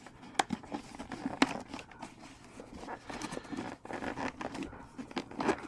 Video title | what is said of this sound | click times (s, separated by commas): Cardo 2nd Helmet Kit install #cardo #rurochelmets #jbl #diy | to there. Make sure they snap in place. | 0.4 s, 1.4 s